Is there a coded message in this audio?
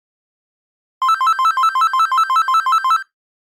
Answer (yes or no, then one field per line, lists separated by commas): no